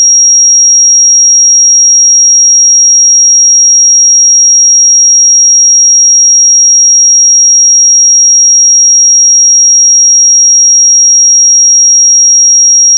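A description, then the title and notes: A pure sine tone at 5635 Hz holds perfectly steady from start to finish, a single thin, high, piercing pitch with no wavering. Nothing else sounds beneath it, and the level stays constant until a brief click as it cuts off at the very end. 5635 Hz 1 Hz Interval Sine Pure Tone Frequency 441000 Sample Mono.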